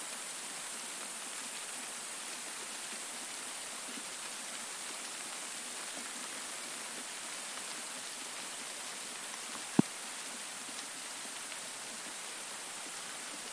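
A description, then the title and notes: A spring morning downpour hisses steadily, a dense, even wash of rain that stays bright and constant throughout. Faint scattered patters flicker within it, and a single sharp tap or knock stands out just before the ten-second mark. A video and audio recording of a morning downpour for 30 min was made in the St. Marks National Wildlife Refuge. Spring Rain.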